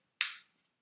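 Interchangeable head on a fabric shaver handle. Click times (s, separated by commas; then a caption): 0.2 s. A detachable plastic head is pushed onto the handle of a fabric pilling shaver and snaps into place. One sharp, bright click is heard at 0.2 seconds, decaying quickly over about a quarter second. The head is seated on the handle.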